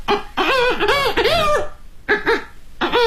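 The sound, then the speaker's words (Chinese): A kouji (Chinese vocal mimicry) performer uses circular breathing to imitate chickens with one voice, blending an old hen's clucks with rooster-like calls in a series of loud, bright, wavering bursts with brief pauses between them, no talking. “你比如说老母鸡，是吧？它这种声音，用那个雄鸡的声音。”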